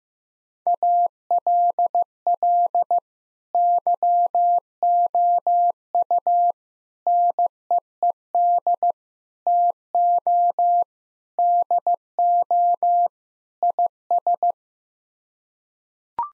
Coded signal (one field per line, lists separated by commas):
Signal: Morse code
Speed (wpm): 15 wpm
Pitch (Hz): 700 Hz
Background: none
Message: ALL YOU NEED TO DO IS